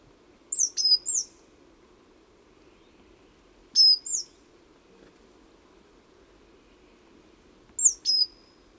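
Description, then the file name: Great tit calls: three bursts of sharp, high notes a few seconds apart, over a faint low background hum. "Parus major"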